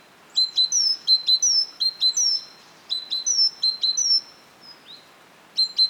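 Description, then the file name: Great tit giving quick sharp notes alternating with high thin downslurred whistles, in two phrases and a short start of a third. "Parus major"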